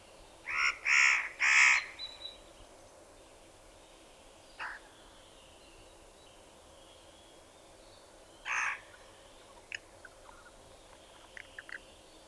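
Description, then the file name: Spotted nutcracker uttering three loud harsh rasping notes, then a lone softer rasp and another harsh note, followed by a few faint clicks and squeaks. "Tannenhäher Gesang"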